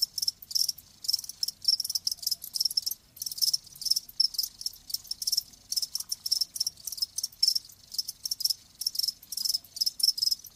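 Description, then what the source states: Cricket chirps in rapid regular bursts, high-pitched and continuing throughout, background otherwise quiet. Live crickets chirping.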